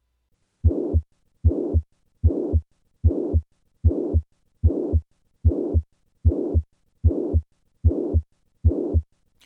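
Regular heart sounds at about 75 beats a minute. A loud murmur fills the space between the first and second sounds of every beat: the systolic murmur of hemodynamically significant mitral regurgitation in an adult with mitral valve prolapse, with blood leaking back through the mitral valve.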